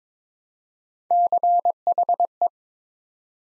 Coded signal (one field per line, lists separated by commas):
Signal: Morse code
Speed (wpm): 22 wpm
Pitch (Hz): 700 Hz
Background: none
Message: CHE